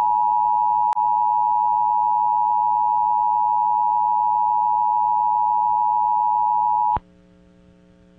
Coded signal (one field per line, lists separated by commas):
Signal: Emergency Alert System (SAME) tones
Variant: 853 and 960 Hz attention tone